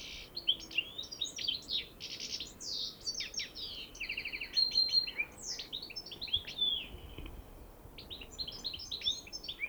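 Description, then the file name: European goldfinch, a stream of high liquid twitters and short buzzy trills, fading briefly before resuming with scattered tinkling notes near the end. "Carduelis carduelis"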